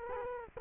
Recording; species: mosquito wingbeat signal from an infrared sensor; Culex quinquefasciatus